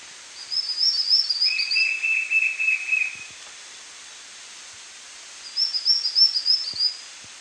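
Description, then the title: White-shouldered fire-eye giving a rapid trilled run of notes lasting under two seconds, with high, thin chattering phrases at the start and end. "LuckyPassaro Completos2Sama. White-shouldered Fire-eye (Pyriglena leucoptera)"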